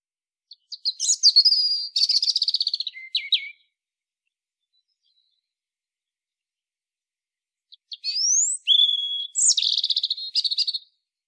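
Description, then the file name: European robin song: two high, twittering phrases of about three seconds each, with rapid trills and thin sliding whistles, separated by a few seconds of silence. "Erithacus rubecula"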